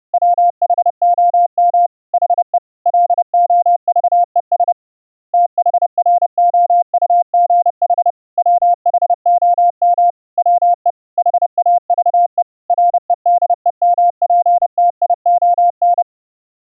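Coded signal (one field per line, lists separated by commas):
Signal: Morse code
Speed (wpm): 30 wpm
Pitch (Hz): 700 Hz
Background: none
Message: WHOM HE LOVES THROUGH WHOM WE HAVE REDEMPTION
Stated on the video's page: CW audio generated by FLdigi and sent over the internet through a VST host and an Opus codec plugin.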